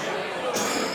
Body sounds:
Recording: coughing mixed with background sound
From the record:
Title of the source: Spring Cold Coughing 3

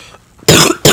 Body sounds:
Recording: coughing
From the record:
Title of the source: Wet coughing

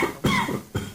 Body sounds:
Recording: coughing mixed with background sound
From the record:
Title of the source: Mid-morning Winter Coughing Fit

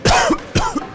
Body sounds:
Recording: coughing mixed with background sound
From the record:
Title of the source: Coughing 51

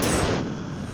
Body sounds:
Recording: coughing mixed with background sound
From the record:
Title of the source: 34 coughing up crap again

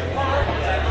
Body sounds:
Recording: background sound without coughing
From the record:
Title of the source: CITY SOUNDS Busy Bar in the Evening Night - 2 HOURS of Ambiance for Relaxation

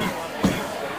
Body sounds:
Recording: coughing mixed with background sound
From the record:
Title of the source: Spring Allergy Coughing

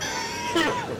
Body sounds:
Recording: coughing mixed with background sound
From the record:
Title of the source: Dry Coughing Fit in the Afternoon.

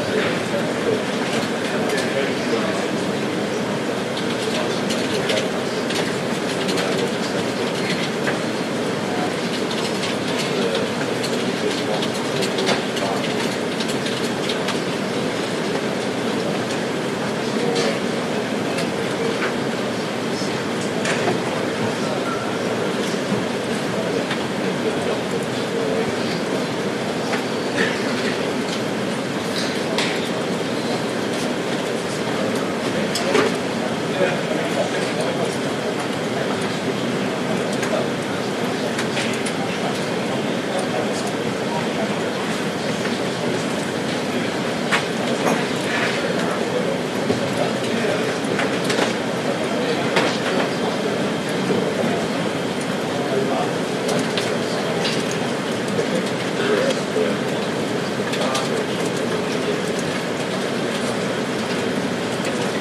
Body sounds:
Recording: background sound without coughing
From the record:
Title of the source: Office Sounds Ambience - Background Noise for Study and Work

